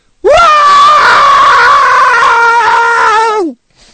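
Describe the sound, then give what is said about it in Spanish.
A person lets out one long, loud, strained vocal cry, imitating a howl but sounding more like a scream. The pitch swoops up, holds steady for about three seconds, then drops off abruptly. “Bueno, más grito que aullido.”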